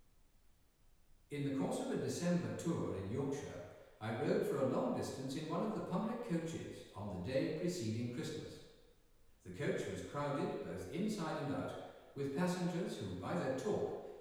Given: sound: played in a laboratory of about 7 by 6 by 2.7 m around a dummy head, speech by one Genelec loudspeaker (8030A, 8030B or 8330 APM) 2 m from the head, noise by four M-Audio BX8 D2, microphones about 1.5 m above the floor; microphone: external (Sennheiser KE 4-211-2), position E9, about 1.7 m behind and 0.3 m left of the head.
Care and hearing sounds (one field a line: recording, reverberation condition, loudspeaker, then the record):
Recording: male speech in English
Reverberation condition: high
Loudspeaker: 30 degrees to the right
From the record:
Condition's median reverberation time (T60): about 1300 ms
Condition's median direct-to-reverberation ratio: about -4.0 dB